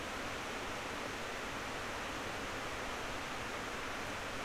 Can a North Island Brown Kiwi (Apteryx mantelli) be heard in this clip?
no